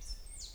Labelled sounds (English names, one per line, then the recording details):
Stitchbird song
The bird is a male
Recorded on Tiritiri Matangi Island, New Zealand, in 2005
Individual 4, of nest box 4